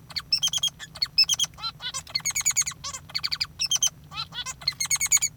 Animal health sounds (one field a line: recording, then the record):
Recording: song of a male Bengalese finch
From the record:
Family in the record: father 3